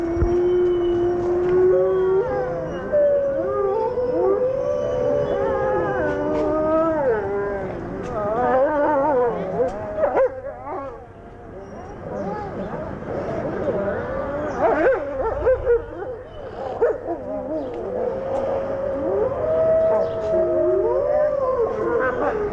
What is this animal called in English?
Gray Wolf